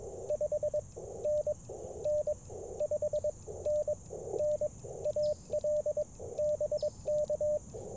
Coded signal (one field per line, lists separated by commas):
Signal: Morse code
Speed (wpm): 22 wpm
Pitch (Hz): 590 Hz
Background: none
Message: 5NN 5NN AL BK